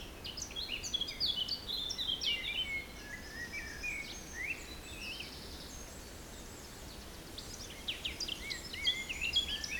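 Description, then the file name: Woodland birds singing, bursts of quick twittering and slurred whistles, a quieter gap midway, then another lively chorus of chirps. Forest in spring, windy at 3 Beaufort, recorded at 1 pm. "Forest Spring Birds Windy 3 bft 1 pm"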